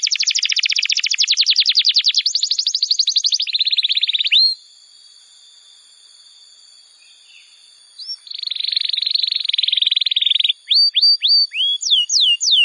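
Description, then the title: Bar-winged prinia song: rapid buzzy trills, a quiet pause of several seconds, then another buzzy trill followed by several sharp falling whistled notes. "Ciblek Sawah"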